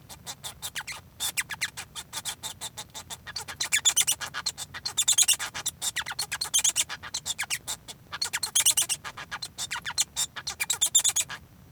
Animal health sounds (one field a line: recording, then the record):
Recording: song of a male Bengalese finch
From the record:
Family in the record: son of father 1